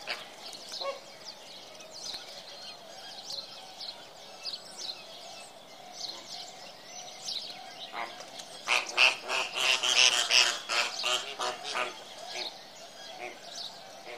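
Birds singing in a busy chorus of high chirps and trills over a steady hiss, swelling into a louder burst of rapid notes partway through.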